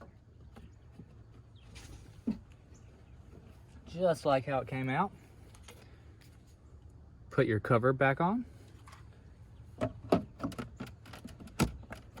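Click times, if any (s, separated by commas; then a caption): 10.1 s, 11.6 s. On a 2016–2020 third-generation Toyota Tacoma, the plastic cabin air filter access cover is pressed back onto the filter housing behind the glove box while someone talks. After a stretch of quiet handling noises, two sharp, loud snaps are heard at 10.1 and 11.6 seconds as the cover seats into place.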